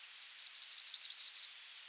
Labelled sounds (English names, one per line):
Yellowhammer song